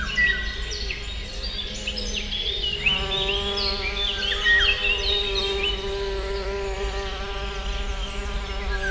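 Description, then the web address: Wasp buzz, faint at first, then a strong steady droning hum from about three seconds on, with birds chirping and trilling through the whole stretch. Wasps, plural, recorded in nature at a water house in 2015 with a cardioid microphone. "darazs professzionalis 2015 darazsak vizhaz"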